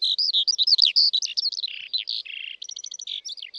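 Eurasian skylark pouring out quick chirps and slurred whistles, briefly dropping to buzzier notes before a fast run of repeated high pips.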